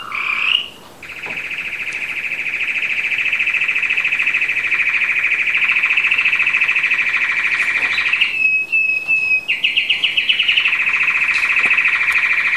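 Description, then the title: American Singer canary singing a long, loud rolling trill held for several seconds, then a brief pure whistle and a return to the buzzy rolling trill. "Kenari American Singer"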